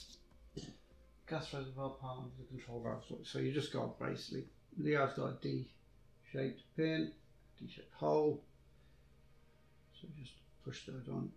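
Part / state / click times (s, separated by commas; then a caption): model shock reservoir onto D-shaped pin of control valve / not seated / none. Someone talks while lining up the D-shaped hole of a plastic gas reservoir with the D-shaped pin on the control valve of a 1/4 scale Yamaha YZR-M1 MotoGP model bike's shock, ready to push it on. The handling is quiet, and nothing has seated or clicked yet.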